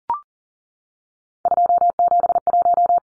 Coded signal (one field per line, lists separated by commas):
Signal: Morse code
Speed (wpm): 40 wpm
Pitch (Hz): 700 Hz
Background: none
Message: 271